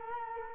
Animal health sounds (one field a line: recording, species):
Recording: mosquito wingbeat signal from an infrared sensor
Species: Culex quinquefasciatus